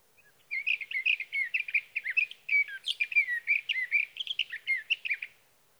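Sage thrasher singing a long, continuous warbling stream of quick, varied chirps and trills lasting nearly five seconds, with no other sounds.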